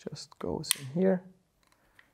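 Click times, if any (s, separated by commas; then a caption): none. While an SSR63 airsoft sniper rifle is being reassembled, a small fire-selector part is pushed into the hand grip assembly as someone talks. A few faint, brief ticks follow near the end of the clip, but nothing has seated or clicked yet.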